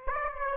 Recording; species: mosquito wingbeat signal from an infrared sensor; Aedes aegypti